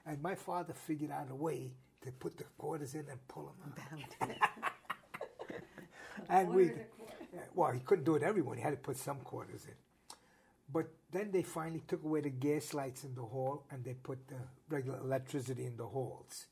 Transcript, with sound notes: And my father figured out a way to put the quarters in and then pull them out. (Both laugh)
...more than a quarter...
Well he couldn't do it all the time, he had to put some quarters in. But then they finally took away the gas lights in the hall and they put the regular electricity in the halls.